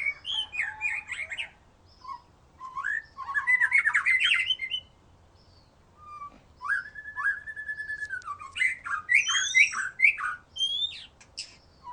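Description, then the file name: White-rumped shama song with bursts of quick, twisting notes, a gap of near silence, then a drawn-out flat whistle followed by loud, varied notes. "murai batu"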